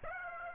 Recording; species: mosquito wingbeat signal from an infrared sensor; Aedes aegypti